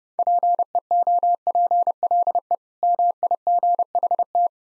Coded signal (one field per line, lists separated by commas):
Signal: Morse code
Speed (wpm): 28 wpm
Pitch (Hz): 700 Hz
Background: none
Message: PEOPLE MIGHT